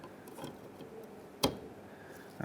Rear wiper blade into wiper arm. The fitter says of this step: push in until it clicks in and then we're going to rotate the blade down or into the arm until